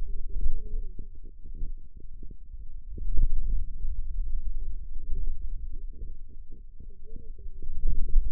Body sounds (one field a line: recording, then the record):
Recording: forearm muscle sounds (acoustic myography)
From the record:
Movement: hand closing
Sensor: system 2, bracelet of six BSWA MPA416 microphones around the upper forearm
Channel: 6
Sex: female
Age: 21 years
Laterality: right